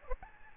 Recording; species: mosquito wingbeat signal from an infrared sensor; Aedes albopictus